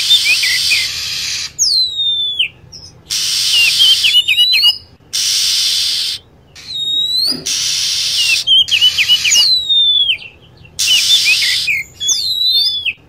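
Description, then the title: Lovebird calls: repeated shrill falling screeches and chirp clusters, separated by blocks of loud high-pitched hiss. Lure sound used to attract lovebirds. "PIKAT BURUNG LOVEBIRD"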